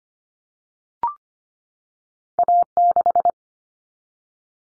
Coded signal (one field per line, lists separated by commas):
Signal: Morse code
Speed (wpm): 25 wpm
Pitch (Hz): 700 Hz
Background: none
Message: A6